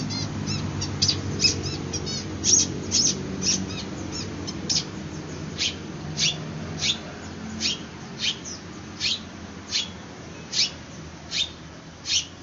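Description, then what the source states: Long-tailed shrike song of rapid twittering notes, then single sharp high chips repeated at short intervals over a faint low hum. Indonesian name cendet; song style called kombinasi (combination).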